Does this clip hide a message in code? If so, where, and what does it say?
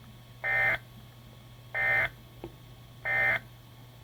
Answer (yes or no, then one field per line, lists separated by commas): no